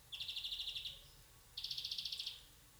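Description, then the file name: European greenfinch with two quick, evenly pulsed trills of about three quarters of a second each, separated by a short pause. "Chloris chloris"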